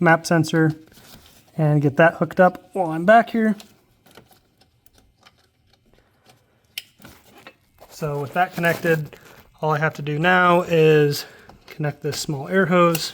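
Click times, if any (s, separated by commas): 6.8 s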